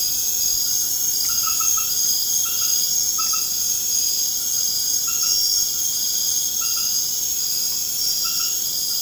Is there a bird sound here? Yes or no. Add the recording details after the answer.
no. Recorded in pastures near Puerto Asís, Putumayo, Colombia, on 30 June 2025 at 22:00. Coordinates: 0.496, -76.326. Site GP01